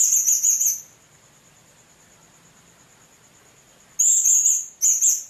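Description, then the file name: Blue-crowned hanging parrot giving a shrill buzzy chatter, a three-second pause with a thin steady whine, then two more high rasping bursts. "serindit"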